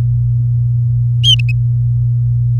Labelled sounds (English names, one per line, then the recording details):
Domestic Canary song
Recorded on 4 May 2018 at 08:36
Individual llb16